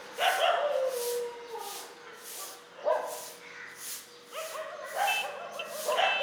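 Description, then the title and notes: Dog barks, several harmonic yelping barks spaced over a few seconds, over a steady wash of noise. Several dogs barking together, a dog concert, in morning street ambience on Mission Street, MG Road Area, Puducherry, India. "WRMJ+487, Mission St, MG Road Area, Puducherry, 605001, Inde - Concert de chiens. Ambiance matinale sur Mission Street - Concert de chiens. Prise de sons : JF CAVRO"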